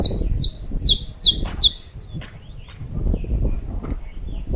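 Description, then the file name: Saffron finch song: a quick run of about five sharp, bright descending chirps in the first two seconds, then faint notes over steady low rumbling noise. "Canto-do-Canário-da-Terra"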